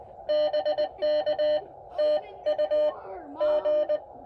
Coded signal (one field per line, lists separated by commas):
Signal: Morse code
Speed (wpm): 18 wpm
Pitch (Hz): 600 Hz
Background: none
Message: BK TU G